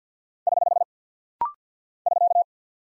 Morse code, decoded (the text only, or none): <HH> <SK>